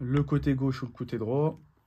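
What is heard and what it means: An iPhone display assembly is being pressed back into the phone frame, top edge first and then the sides, while someone talks. No snap is heard, and nothing has seated or clicked yet.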